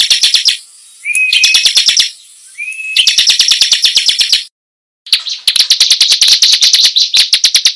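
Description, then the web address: Bar-winged prinia singing loud, rapid-fire volleys of sharp, buzzy notes, broken by rising whistles and one short silence before a long, intense burst. Song described as gacor (singing persistently) and nembak (rapid-fire bursts). "ciblek suara-ciblek-gacor-nembak"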